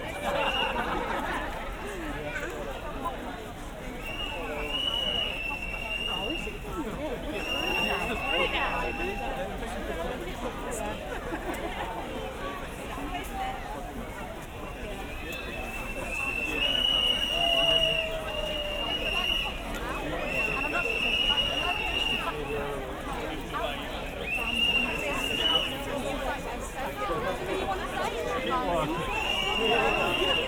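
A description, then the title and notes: A dense outdoor crowd at a pride march chatters steadily throughout, with voices, occasional shouts and brief high whistles recurring every few seconds. Pride March, Montpellier.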